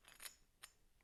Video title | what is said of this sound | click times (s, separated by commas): 1395. Pre-assembly of a Brunswick Ultona reproducer | and it pops right in that's good | 0.6 s